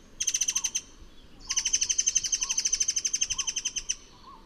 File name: burung murai besi murai cai murai air mancur